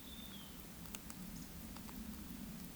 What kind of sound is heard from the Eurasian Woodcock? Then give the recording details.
whistle. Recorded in Baden-Württemberg, Germany, on 9 May 2021 at 19:07 UTC. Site 23718, 552 m above sea level